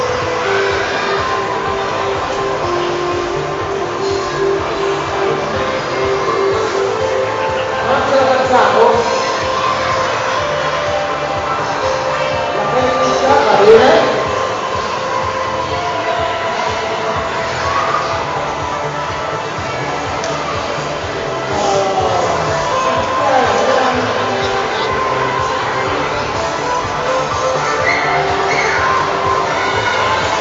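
Chaos during a soap-bubble workshop in a shopping centre: a steady, dense babble of voices and tones, with brief louder swells near 9, 14 and 22 seconds.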